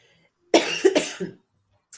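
A short cluster of three wet-sounding cough bursts from an adult woman who has a cold, each with a sharp onset and a throaty, slightly voiced tail, followed by the start of another cough.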